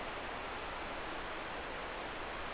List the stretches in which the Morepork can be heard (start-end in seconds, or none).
none